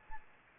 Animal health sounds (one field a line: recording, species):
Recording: mosquito wingbeat signal from an infrared sensor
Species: Aedes aegypti